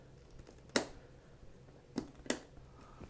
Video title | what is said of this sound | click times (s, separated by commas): PC Upgrade 2014- Haswell i7-4770k - Part 2 - Gigabyte Z87X-UD4H Unboxing and setup | and all you have to do is just press down until you hear the click | 0.8 s, 2.3 s